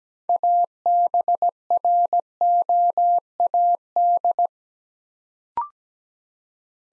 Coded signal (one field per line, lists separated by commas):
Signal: Morse code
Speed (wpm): 17 wpm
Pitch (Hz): 700 Hz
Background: none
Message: ABROAD